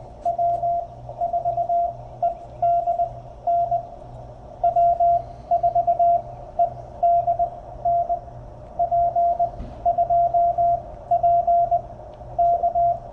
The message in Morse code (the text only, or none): W4EDN W4EDN P2P K